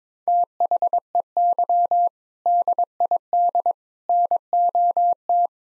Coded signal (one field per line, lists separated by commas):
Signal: Morse code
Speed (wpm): 22 wpm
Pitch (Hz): 700 Hz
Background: none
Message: THEY DID NOT